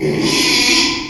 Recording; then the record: squeal of a Yucatan mini pig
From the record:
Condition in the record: after surgery on the right vocal fold (resection and tissue-engineered implant); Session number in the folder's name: 2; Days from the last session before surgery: 13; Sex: male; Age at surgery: 12 weeks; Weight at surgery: 13 kg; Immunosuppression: cyclosporine, prednisolone